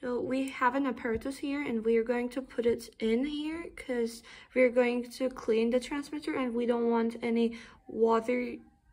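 A glucose sensor transmitter for a 780G insulin pump setup is handled next to its plastic tester and cleaning plug, about to be pushed in to keep water out while the transmitter is cleaned. Someone talks throughout. Nothing has seated or clicked yet.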